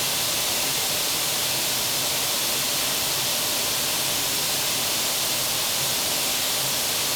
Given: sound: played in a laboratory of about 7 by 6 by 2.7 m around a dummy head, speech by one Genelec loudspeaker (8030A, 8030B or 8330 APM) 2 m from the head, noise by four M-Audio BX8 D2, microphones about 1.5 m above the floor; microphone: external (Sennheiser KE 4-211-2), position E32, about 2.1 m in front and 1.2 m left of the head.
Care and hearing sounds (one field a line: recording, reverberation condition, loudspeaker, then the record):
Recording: white noise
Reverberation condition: high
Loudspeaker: four, about 170 cm from the corners of the room and facing them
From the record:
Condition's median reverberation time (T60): about 1300 ms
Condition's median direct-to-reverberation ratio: about -4.0 dB